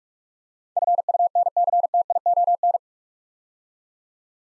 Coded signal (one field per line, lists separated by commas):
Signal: Morse code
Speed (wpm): 45 wpm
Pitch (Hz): 700 Hz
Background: none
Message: FUNCTION